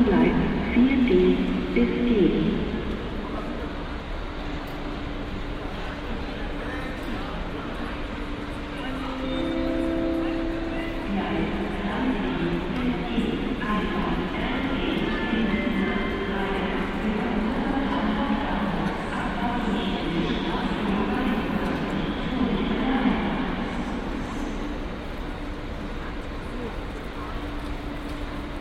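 A busy train station at Cologne Central, with a constant murmur of overlapping voices filling the whole stretch. Low steady engine hums run underneath, with brief tonal whines rising around ten and twenty seconds. The din stays dense, slightly louder at the start.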